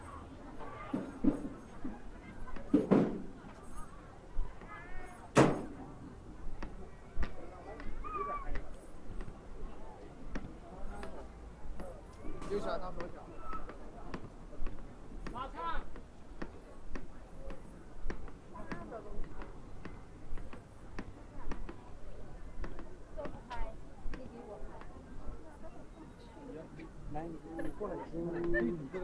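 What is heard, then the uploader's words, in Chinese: A busy crowd at Hongyadong in Chongqing, with many overlapping voices chattering throughout. Sharp clacks and knocks cut through every few seconds, the loudest near the start and around five seconds, over a steady low rumble of background noise. 重庆洪崖洞。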